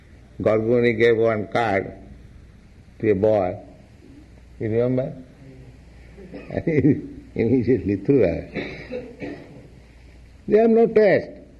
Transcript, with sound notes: Gargamuni gave one card to a boy. You remember? [laughs] He immediately threw away. They have no taste.